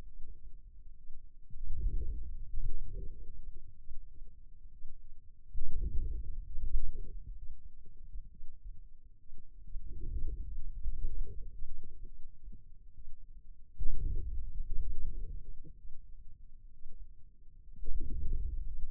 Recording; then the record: forearm muscle sounds (acoustic myography)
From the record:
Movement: inward rotation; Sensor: system 2, bracelet of six BSWA MPA416 microphones around the upper forearm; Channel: 5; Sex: male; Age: 22 years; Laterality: right